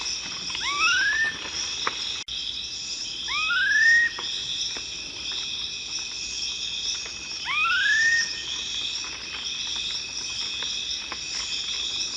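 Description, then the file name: Black-faced cotinga song of three clean rising whistles spaced a few seconds apart, set against a shrill, unbroken insect hum. "Canto do anambe de cara preta"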